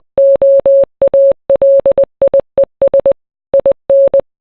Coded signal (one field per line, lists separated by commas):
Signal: Morse code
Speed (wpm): 20 wpm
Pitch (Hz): 550 Hz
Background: none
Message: OALIES IN